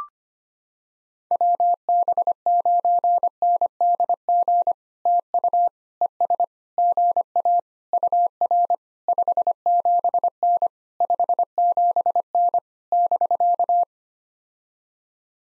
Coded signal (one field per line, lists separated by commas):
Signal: Morse code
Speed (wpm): 25 wpm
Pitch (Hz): 700 Hz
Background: none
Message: WB9NDG TU ES GA UR 57N 57N <BK>